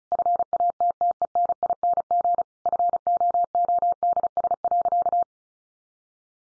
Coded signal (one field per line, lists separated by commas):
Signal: Morse code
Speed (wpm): 34 wpm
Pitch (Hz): 700 Hz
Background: none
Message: FATTENING FOODS.